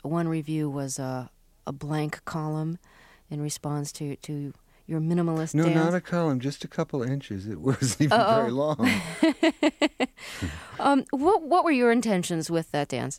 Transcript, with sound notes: One review was a blank column in response to your minimalist dance...
No, not a column - just a couple of inches. It wasn't even (laughter) very long.
Oh (laughter). What were your intentions with that dance?